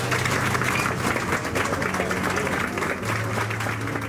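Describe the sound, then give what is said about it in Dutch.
Loud, sustained applause from a crowd at a ceremony, following State Secretary Van Huffelen's rehabilitation of slave leader Tula after Prime Minister Rutte's apology: dense, steady clapping that holds its strength for the whole four seconds, with no one speaking over it. “Gevolgd door een luid applaus.”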